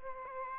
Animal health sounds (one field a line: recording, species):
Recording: mosquito wingbeat signal from an infrared sensor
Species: Aedes albopictus